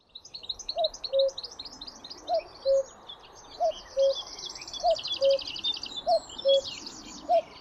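Cuckoo repeats a falling two-note call roughly every 1.3 seconds while other songbirds chatter and trill above it.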